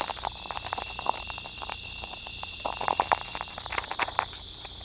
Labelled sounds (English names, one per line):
none